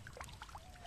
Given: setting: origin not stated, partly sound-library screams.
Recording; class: one-second piece from a danger detection set; normal situation